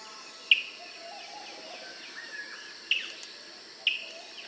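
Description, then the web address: Graceful honeyeater calling: short, sharp, high notes at irregular intervals, three in about four seconds, over steady background noise. "pngbirds Meli Grac"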